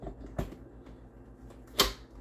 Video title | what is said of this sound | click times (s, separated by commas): Carnivore Diet - Carnivore Bread - Bob Bakes | locks into place. | 1.8 s